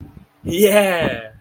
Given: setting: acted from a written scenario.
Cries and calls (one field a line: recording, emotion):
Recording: vocal sound without words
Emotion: elation